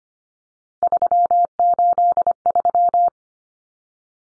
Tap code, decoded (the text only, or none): none